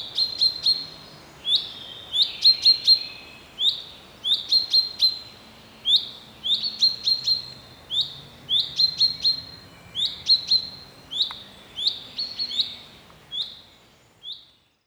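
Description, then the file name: Common chaffinch calls, thin high notes with rising starts repeated in bursts. "Fringilla coelebs"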